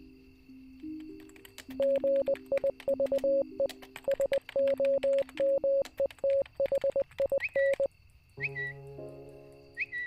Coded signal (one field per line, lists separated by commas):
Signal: Morse code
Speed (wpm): 20 wpm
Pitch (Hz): 550 Hz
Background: music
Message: GIVE SOMETHIN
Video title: The String: Story of How I Met My Soulmate [Morse Code Dub] (Animation)